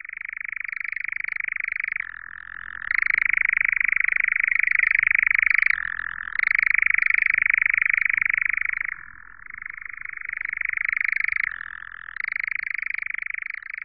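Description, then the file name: European nightjar churring song, a long unbroken dry trill that shifts between a lower and higher pitch every few seconds, with faint low background rumble. "Lelek-lesní"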